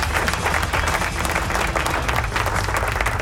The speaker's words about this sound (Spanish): el 2 de abril se conmemora el Día del Veterano en Argentina, así que un aplauso a todos los que tienen familiares veteranos.